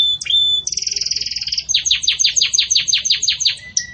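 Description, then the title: Canary song: whistled notes, a fast buzzy trill, then a steady run of many ringing descending notes. Pure campainha song style with pauses, for training birds. "Canto Canário Belga Campainha Puro Com Pausa Para Treinamento"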